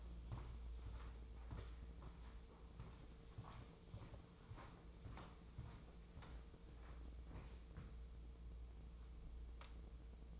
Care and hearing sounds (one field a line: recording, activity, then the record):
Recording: daily activity, microphone in the room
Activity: walk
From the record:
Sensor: 1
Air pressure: 996.0 hPa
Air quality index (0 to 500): 240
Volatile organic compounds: 1000 ppm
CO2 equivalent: 7012 ppm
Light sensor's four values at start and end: 38/94/40/49 and 38/95/40/49